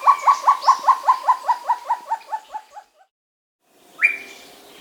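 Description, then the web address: Short-tailed antthrush song: a series of about fourteen hollow notes, gradually fading, then a pause and one sharper note. Andean bird of South America. "S America Andean Birds Short-Tailed Antthrush (Chamaeza Campanisona)"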